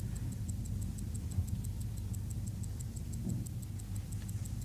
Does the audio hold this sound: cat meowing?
no